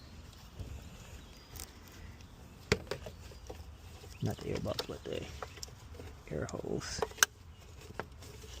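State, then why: Seated. While reassembling the engine bay of a 2017 Chevy Camaro after a thermostat replacement, someone pushes a plastic air hose connector onto its port near the airbox. A sharp snap at 8.0 s marks the connector seating. Someone talks between quieter rustling and handling noises.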